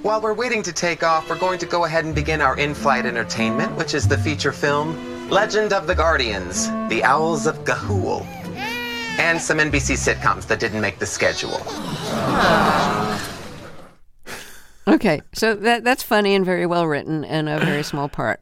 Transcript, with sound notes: While we're waiting to take off, we're going to go ahead and begin our in-flight entertainment, which is the feature film "Legend Of The Guardians: The Owls Of Ga'Hoole" and some NBC sitcoms that didn't make the schedule.
(JEERING)
OK, so that's funny and very well-written and a very small part.